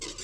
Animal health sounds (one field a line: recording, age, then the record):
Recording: pig call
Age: weaner (32 to 43 days)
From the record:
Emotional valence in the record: negative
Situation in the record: short isolation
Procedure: open field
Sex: female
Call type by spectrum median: high-frequency call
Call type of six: high-frequency stable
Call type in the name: high-frequency stable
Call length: 0.24 s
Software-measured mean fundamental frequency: 291 Hz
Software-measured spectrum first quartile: 1320 Hz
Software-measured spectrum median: 3979 Hz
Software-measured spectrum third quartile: 6193 Hz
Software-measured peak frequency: 337 Hz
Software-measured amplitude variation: 138 dB a second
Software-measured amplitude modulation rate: 24.6 a second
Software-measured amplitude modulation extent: 5.6 dB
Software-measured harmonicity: -0.4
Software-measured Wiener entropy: -1.31